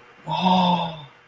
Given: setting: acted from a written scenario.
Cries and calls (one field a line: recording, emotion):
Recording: vocal sound without words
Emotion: awe